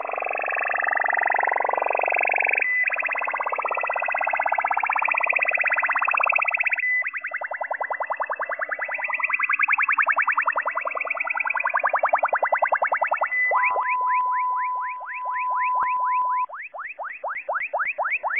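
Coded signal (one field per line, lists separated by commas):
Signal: radar signal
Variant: JORN over-the-horizon radar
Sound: fast repeating upward sweeping chirps, like a warbling siren, with a steady tone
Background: radio static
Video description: Strange signal on 8998 kHz Sound like an ambulance or a police car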